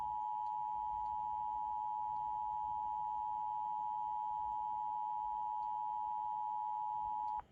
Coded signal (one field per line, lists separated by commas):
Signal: Emergency Alert System (SAME) tones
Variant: 853 and 960 Hz attention tone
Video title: Arizona LEW (EAS# 170)